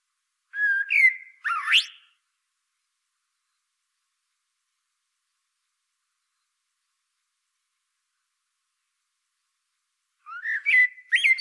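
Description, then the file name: Common blackbird song: two mellow fluted whistled phrases with sharp high squeaks, a long quiet pause, then another warbled phrase ending in high twitters. "Turdus merula"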